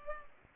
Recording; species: mosquito wingbeat signal from an infrared sensor; Culex pipiens